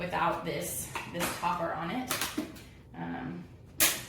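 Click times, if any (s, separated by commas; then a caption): 3.8 s. Someone talks while pressing the removable tray topper onto the tray of a Gofirst 6-in-1 convertible wooden baby high chair. The topper snaps into place with one sharp click at 3.8 seconds, seating it securely.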